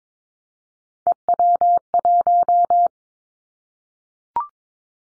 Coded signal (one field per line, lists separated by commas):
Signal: Morse code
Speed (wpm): 22 wpm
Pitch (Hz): 700 Hz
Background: none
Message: EW1